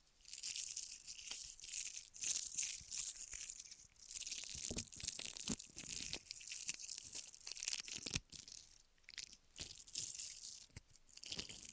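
Ear massage and cleaning sounds: a dense, bright scratching and rubbing that carries on almost without pause. Crunchy, crinkly strokes and soft taps come in quick irregular bursts, with brief quieter gaps around four, eight and nine seconds.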